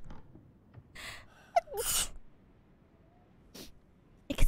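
A breathy inhale, then a sudden, sharp high-pitched burst: a single sneeze, followed by brief quieter breath sounds.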